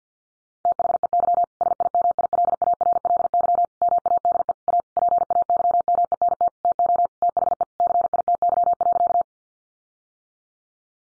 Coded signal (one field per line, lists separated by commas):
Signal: Morse code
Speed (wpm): 50 wpm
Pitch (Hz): 700 Hz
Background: none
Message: THEY SIMILARLY MADE A PAYMENT TO THE CITY.